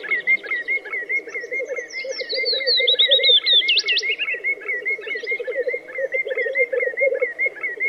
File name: black grouse bird song